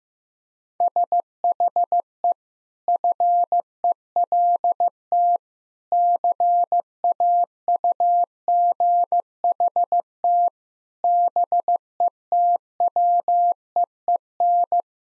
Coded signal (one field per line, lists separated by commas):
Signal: Morse code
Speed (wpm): 15 wpm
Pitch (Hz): 700 Hz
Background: none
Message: SHE FELT CAUGHT BETWEEN